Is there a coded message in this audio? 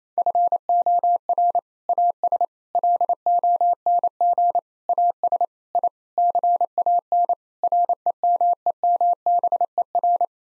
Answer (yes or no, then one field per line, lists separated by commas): yes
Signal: Morse code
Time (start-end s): 0.2-10.2 s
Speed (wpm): 28 wpm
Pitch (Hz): 700 Hz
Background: none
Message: FOR AS LONG AS I CAN REMEMBER